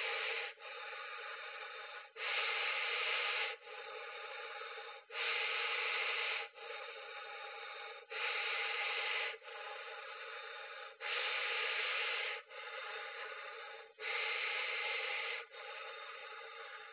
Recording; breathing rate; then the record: paced breathing near a phone; 20 breaths a minute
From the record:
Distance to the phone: 20 cm